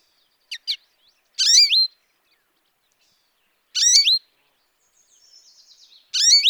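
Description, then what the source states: American Goldfinch calls: two short sharp chips, then three bursts of quick stacked notes, with faint soft notes between the last two. Two important calls: the potato chip or pochigree call and a rising, wheezy siree.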